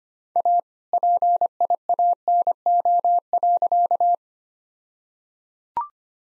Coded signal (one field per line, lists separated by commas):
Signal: Morse code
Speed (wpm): 25 wpm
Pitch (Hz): 700 Hz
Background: none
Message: A PIANO.